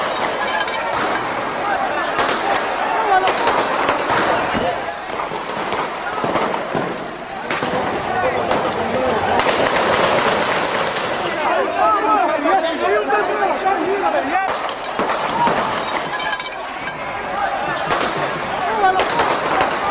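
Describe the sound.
Sharp gunshots, fired by snipers, crack out repeatedly and irregularly over the continuous roar of a large, agitated crowd in front of a palace, with many voices shouting and talking throughout.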